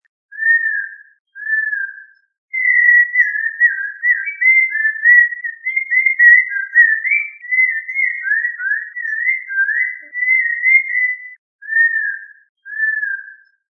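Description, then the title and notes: Bird song of clear whistled notes near one pitch, short phrases at the start and end framing a long, continuous run of warbled, slurred whistles; no other sounds. From a collection of Indonesian bird songs. "Kicau Burung Indonesia"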